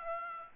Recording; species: mosquito wingbeat signal from an infrared sensor; Aedes aegypti